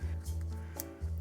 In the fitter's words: it makes a very satisfying click when you push that in.